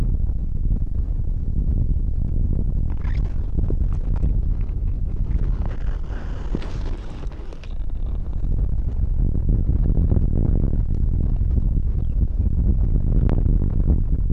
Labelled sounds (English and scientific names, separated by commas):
Arctic Fox (Vulpes lagopus)